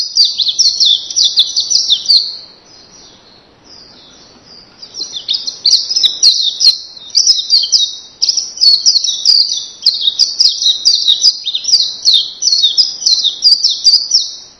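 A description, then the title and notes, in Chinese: Rainforest birds chatter in a dense, high, rapid stream of chirps that briefly thins out between about two and four seconds, then returns and carries on steadily to the end. Scattered sharp ticks and a faint low wash sit underneath. 雨林，鸟儿，小溪，水流，下雨。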